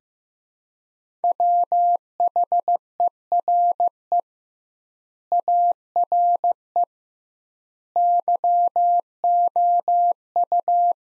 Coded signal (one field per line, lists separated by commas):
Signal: Morse code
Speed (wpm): 15 wpm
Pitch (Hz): 700 Hz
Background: none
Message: WHERE ARE YOU